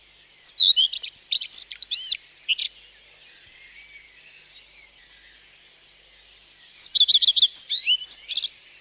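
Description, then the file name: Common redstart singing two phrases several seconds apart, each a quick, thin introductory note leading into a fast jumble of high, scratchy and ringing chirps. Park and garden. "Gartenrotschwanz"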